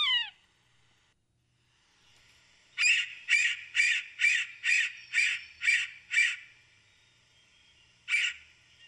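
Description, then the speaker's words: Yellow-bellied Sapsucker: one descending mew, a pause, then a quick run of nine harsh, nasal squealing notes, a gap, and one more squeal. Gives a variety of calls. "So you see, they have a variety of calls. That's the yellow-bellied sapsucker."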